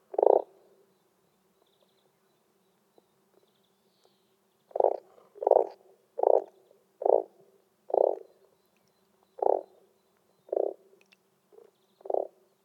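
Frog giving a series of short, buzzy pulsed croaks, one call then a pause, followed by a steady run of about nine croaks spaced about a second apart.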